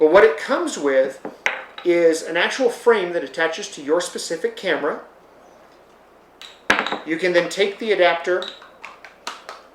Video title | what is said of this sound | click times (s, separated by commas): Video Focusing with a DSLR Camera | and it clicks right in place. | 9.3 s